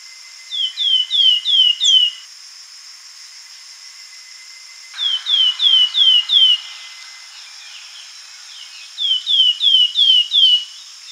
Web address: slaty flycatcher song